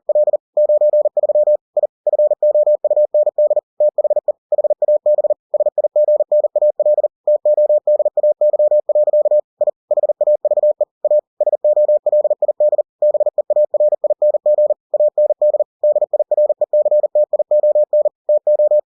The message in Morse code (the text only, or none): L 93 I FOUND THE HAB SIGNAL TODAY. I HAVE A SOLID BEARING AND DIRECTION TO